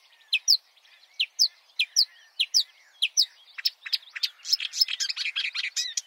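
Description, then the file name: Marsh warbler song: sharp downslurred notes given in pairs several times, then a fast, dense jumble of varied chirps and twitters. "suara-kicauan-burung-marsh-warbler -omkicau"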